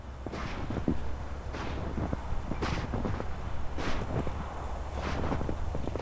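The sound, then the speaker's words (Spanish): Footsteps of an artist walking across a glacier crunch on the ice at a steady pace of roughly one stride a second, with small crackling clicks between steps and a constant low rumble of wind underneath, recorded for the three-screen installation Between Earth and Water. “como la instalación en tres pantallas Between Earth and Water de Peter D'Agostino, que nos muestra la caminata del artista por un glaciar registrando el sonido de sus pisadas sobre el hielo.”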